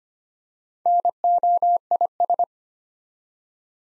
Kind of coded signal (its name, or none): Morse code